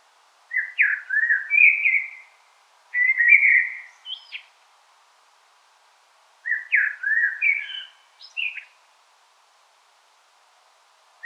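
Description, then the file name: Common blackbird singing three mellow warbled phrases that rise into squeaky high notes, with short pauses between them. "Turdus merula"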